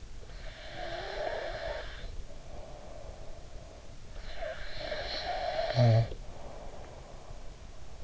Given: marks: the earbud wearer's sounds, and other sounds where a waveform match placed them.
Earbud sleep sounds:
sounds in sleep by an in-ear microphone; snoring breath
0.09-4.14 s: snoring breath
4.29-8.04 s: snoring breath

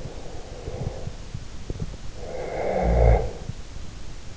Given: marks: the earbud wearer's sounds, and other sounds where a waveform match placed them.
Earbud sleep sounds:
sounds in sleep by an in-ear microphone; breath
0.02-3.51 s: breath

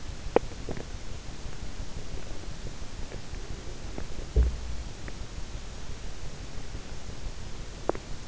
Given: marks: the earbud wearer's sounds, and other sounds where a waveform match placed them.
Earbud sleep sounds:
sounds in sleep by an in-ear microphone; teeth grinding
0.18-1.12 s: teeth grinding
3.93-5.02 s: teeth grinding
7.68-8.23 s: teeth grinding

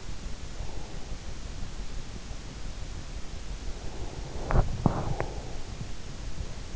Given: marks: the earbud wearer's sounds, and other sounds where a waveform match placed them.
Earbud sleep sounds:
sounds in sleep by an in-ear microphone; breath, teeth grinding
0.40-1.50 s: breath
3.74-5.66 s: breath
4.42-5.07 s: teeth grinding

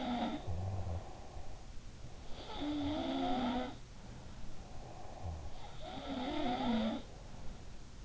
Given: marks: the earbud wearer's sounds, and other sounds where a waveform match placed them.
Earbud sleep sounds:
sounds in sleep by an in-ear microphone; snoring breath, breath
0.00-1.23 s: sound from someone else or the room
0.32-1.85 s: snoring breath
2.11-8.05 s: sound from someone else or the room
4.29-8.05 s: breath

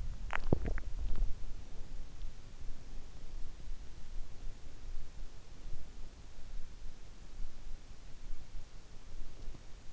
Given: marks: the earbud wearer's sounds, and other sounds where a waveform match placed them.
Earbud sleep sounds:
sounds in sleep by an in-ear microphone; swallowing
0.00-1.15 s: swallowing

